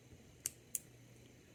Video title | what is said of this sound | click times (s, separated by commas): Airsoft Specna Arms SA-E05 Upgrade time | okay and you can wiggle the barrel and you know it's locked okay now we know it's locked down and it's in the right spot | 0.5 s, 0.8 s